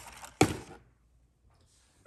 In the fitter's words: που κουμπώνει ακριβώς εκεί είναι πλήρως συναρμολογημένο